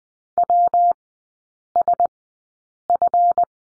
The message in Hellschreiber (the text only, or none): none